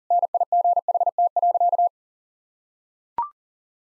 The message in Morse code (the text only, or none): NIGHT.